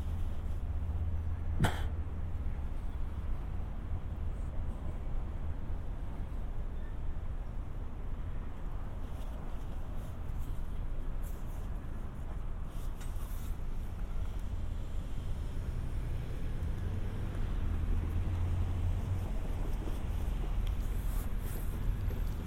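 A binaural walk through San Diego streets carries a steady low traffic rumble, with a sharp clack near two seconds and occasional brief rustles.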